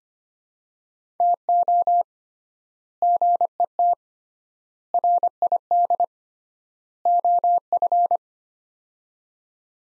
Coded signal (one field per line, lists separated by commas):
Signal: Morse code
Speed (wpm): 25 wpm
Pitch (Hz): 700 Hz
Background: none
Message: TO GET RID OF